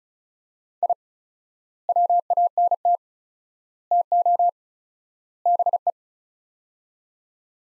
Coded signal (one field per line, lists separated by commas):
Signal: Morse code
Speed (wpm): 36 wpm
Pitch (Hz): 700 Hz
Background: none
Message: I WANT TO BE